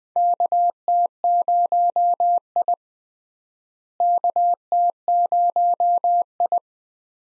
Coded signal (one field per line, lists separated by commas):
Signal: Morse code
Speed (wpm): 20 wpm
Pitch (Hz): 700 Hz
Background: none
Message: KT0I KT0I